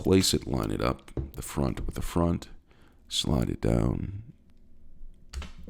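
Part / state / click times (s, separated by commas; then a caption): brush head onto electric toothbrush handle shaft / seated / 5.3 s. Someone talks as a plastic brush head is lined up with the front of a Philips Sonicare 4100 electric toothbrush handle and slid down onto its metal shaft. A sharp snap at 5.3 s marks the head seating firmly onto the handle.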